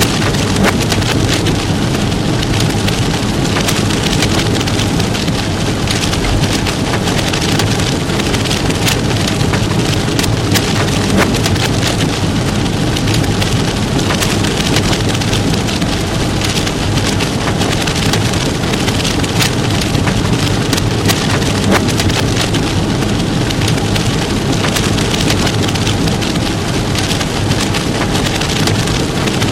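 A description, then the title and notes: Rain drums steadily on a car roof and windshield, a dense patter of countless drops that never lets up. Sharper individual hits tick through the wash, and a low, constant rumble sits underneath the whole thirty seconds. Rainy car rides I have known and loved. Various recordings of rain on car roof and windshield, recorded by Dan Bodah in 2003.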